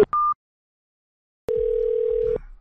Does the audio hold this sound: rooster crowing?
no